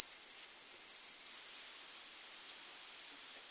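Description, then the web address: Golden-rumped lion tamarin calls: thin, very high whistles, some sliding downward, fading out over a few seconds. Primate of the South American rainforest. "Natures Songs S America Primates of the Rainforest Golden-rumped lion tamarin"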